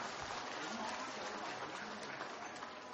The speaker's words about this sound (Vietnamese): và các Phật tử trong các tiểu ban hộ trì của tu cũng xứng đáng nhận được một tràng vỗ tay thật lớn cho từ khóa tu của chúng ta.